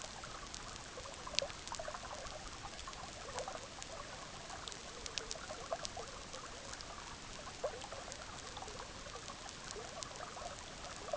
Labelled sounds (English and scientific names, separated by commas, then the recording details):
none
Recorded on Arctic tundra, site EABA-MC, on 18 June 2019
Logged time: 06:00